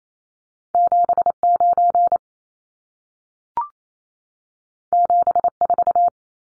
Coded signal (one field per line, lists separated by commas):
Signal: Morse code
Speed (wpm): 28 wpm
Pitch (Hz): 700 Hz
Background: none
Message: 79 74